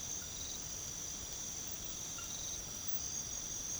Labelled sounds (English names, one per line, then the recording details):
none
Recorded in pastures near Puerto Asís, Putumayo, Colombia, on 8 March 2025 at 00:00
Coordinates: 0.486, -76.323
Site G075